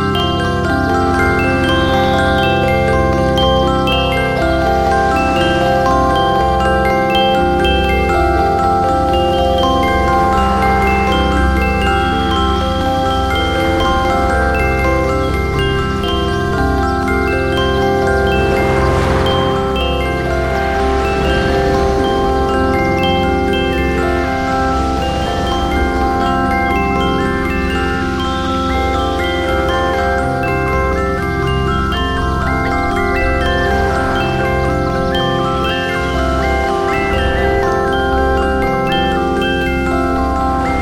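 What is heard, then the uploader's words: Cathedral bells in Siena ring loudly and continuously for the whole stretch, their overlapping tones blending into a dense, shimmering wash. Strokes keep arriving at a steady pace with no pause, deep low hum underneath and bright ringing overtones above. Duomo, Siena, Italy.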